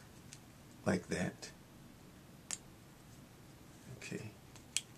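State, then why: Seated. While an insulin pump infusion set is being changed, a small plastic connector is pushed onto its fitting as someone talks. A few faint ticks are followed by a sharp, short click at 4.8 seconds as the infusion set connector locks into place.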